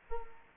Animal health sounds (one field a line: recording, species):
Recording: mosquito wingbeat signal from an infrared sensor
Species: Culex quinquefasciatus